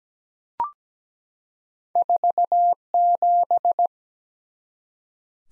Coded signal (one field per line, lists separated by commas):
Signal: Morse code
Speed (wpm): 17 wpm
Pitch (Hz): 700 Hz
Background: none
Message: 47